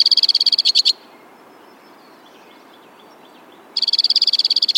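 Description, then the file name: White-winged crossbill giving a short rapid trill, then nearly three seconds of quiet, followed by another fast buzzy trill. "suara-kicauan-burung-white-winged-crossbill 3-omkicau"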